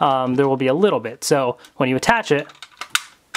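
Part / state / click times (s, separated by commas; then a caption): lion attachment into toy morpher blaster / seated / 2.9 s. A plastic lion attachment is pushed onto a toy morpher blaster while someone talks, then it clicks into place at 2.9 s with a sharp snap. No sound effect or lights follow, and a few small handling clicks come before and after.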